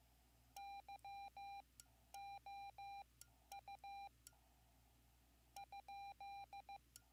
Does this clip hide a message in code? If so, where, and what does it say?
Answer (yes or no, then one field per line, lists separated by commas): yes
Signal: Morse code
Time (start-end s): 0.6-6.8 s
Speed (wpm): 15 wpm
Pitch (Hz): 800 Hz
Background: none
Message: YOU ?